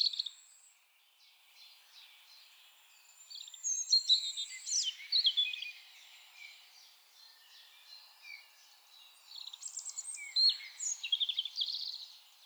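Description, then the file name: European robin song, two long tumbling phrases of high whistles, trills and twitters, with quieter gaps and faint notes between them. "Erithacus rubecula"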